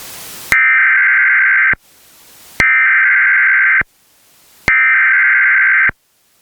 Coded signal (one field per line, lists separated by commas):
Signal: Emergency Alert System (SAME) tones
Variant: header bursts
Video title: EAS #39 - Severe Thunderstorm Watch (EASyPLUS Relay & New Setup)